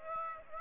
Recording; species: mosquito wingbeat signal from an infrared sensor; Aedes aegypti